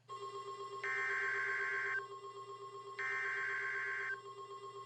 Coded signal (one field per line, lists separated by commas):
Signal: Emergency Alert System (SAME) tones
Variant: header bursts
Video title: Severe Thunderstorm Warning (EAS #45)￼